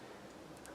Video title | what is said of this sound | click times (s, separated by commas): Mezco Toyz One:12 Collective Marvel CYCLOPS Scott Summers Action Figure Review | Peggy head there you have to twist it counterclockwise and once you hear it click you | 0.7 s